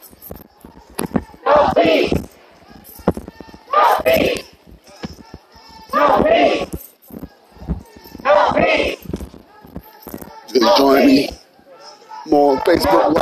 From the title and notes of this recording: Niagara Square Protest in Downtown Buffalo. Protest in response to Police Brutality in the City of Buffalo.